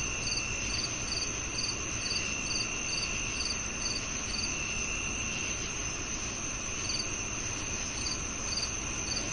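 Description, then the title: Cricket chirps pulse steadily, about two per second, thinning briefly midway, against a continuous high-pitched insect whine and rushing background noise. Crickets on a calm summer night. "Calming Crickets & Summer Night Sleep Sounds"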